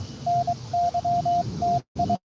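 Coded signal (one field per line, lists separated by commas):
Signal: Morse code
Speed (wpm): 22 wpm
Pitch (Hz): 700 Hz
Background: radio noise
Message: NY TI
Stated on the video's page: Live Parks on the Air activation at Belmont Lake State Park on 14.056.5 MHz CW.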